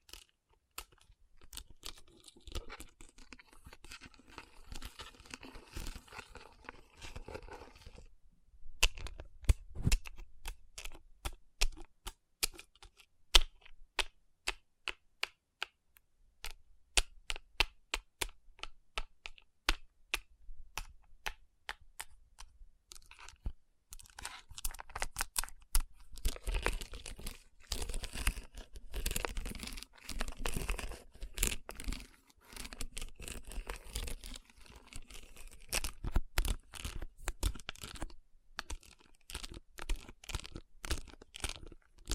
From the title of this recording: Tapping & Rubbing Rhinestone Covered Palms